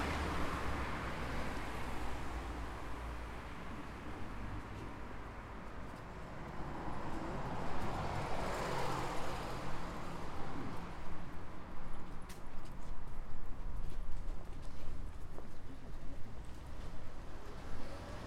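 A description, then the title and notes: Traffic noise on Nefelejcs street: a steady low rumble of passing vehicles with a swell of tire hiss around the middle, near nine seconds. A few faint clicks and thin high tones appear later, and scattered hints of voices sit in the background. Nefelejcs street.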